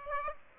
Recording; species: mosquito wingbeat signal from an infrared sensor; Aedes aegypti